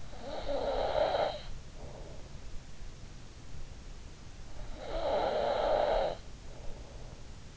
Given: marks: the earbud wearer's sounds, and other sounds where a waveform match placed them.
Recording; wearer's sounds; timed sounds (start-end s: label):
sounds in sleep by an in-ear microphone; snoring breath
0.12-2.37 s: snoring breath
4.75-7.57 s: snoring breath